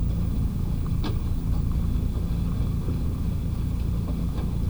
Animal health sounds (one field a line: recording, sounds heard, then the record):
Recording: poultry house recording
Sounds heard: sick chickens (respiratory disease)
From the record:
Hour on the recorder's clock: 23